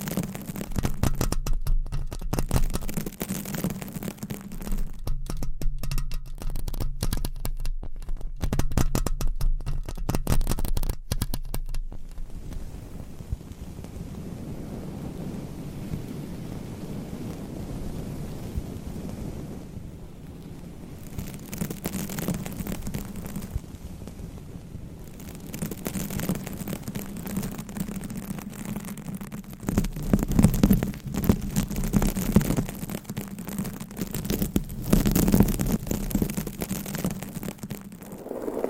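Nails scratch across microphone covers in dense, rapid rasping, choppy in the first twelve seconds, smoother midway, louder again near the end over a low rumble.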